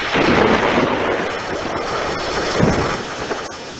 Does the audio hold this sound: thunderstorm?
yes